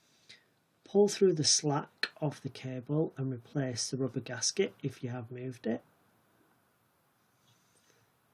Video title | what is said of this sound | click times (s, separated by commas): MagSafe Installation Porsche 981 718 991 | need to sit it underneath the rubber gasket, which you can very easily lift, and you'll hear it click into place. | 0.3 s